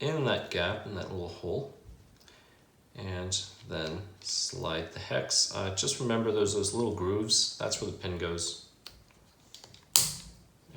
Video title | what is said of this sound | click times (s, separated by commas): Traxxas Slayer Pro 3.3 Nitro Teardown Part 3 How to take apart front suspension components | that's it it'll just snap in place | 10.0 s